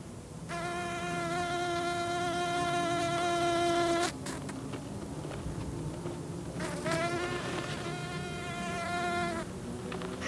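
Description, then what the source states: Bee flight buzz: high whining hum rich in harmonics, held for several seconds, breaking off, then resuming, low background rumble throughout. Small bee, about one centimetre long, feeding on restharrow in the Zandvoort dunes; its small wings make this specific whining sound; darts from flower to flower in sharp turns.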